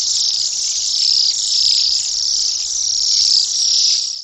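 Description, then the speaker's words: Bohemian Waxwing giving a dense, continuous wash of high buzzy trills for several seconds with no gaps. Arrive in the Northland from the northwest by December, replacing cedar waxwings; larger and much noisier, sounding more like guinea pigs snoring. "They sound more like guinea pigs snoring."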